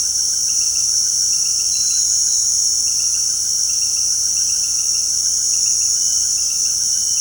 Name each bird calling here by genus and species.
none